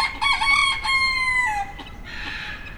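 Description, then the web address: Chicken: rooster crowing, a loud harmonic cock-a-doodle-doo with a long level note that drops at the end, followed by a short noisy burst. Rooster recorded in the farmyard section of a zoo in Nyíregyháza, Hungary, 2010. "nyiregyhazizoo 2010 standardt parasztudvar gyongytyukeskakas"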